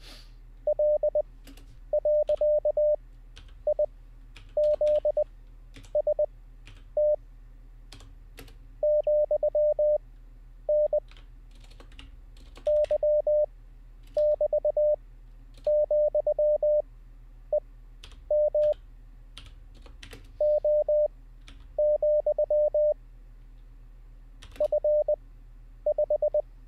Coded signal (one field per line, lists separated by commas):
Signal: Morse code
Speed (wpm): 20 wpm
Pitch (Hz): 600 Hz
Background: none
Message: L.IZST ,N Y<BT>,EM O, F5